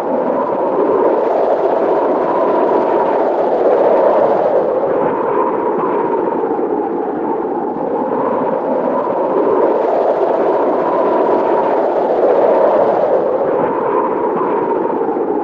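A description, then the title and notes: Steady desert wind blows without a break, a dense rushing roar centered in the low-middle range with a faint whistling tone near the top of it. The gusts swell and ease slowly, brightest around four and twelve seconds, softer near seven. Wind and sandy desert.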